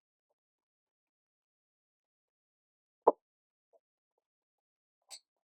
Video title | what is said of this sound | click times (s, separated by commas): Installing the EIBOS Tetras X Part 1 | Okay. The snap you heard. | 3.1 s